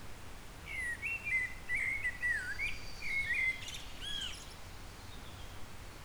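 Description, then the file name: Eurasian blackbird song: a long, rich, fluting phrase of rising and falling notes lasting nearly three seconds, closed by a squeaky high flourish, with quiet hiss behind. "Turdus merula"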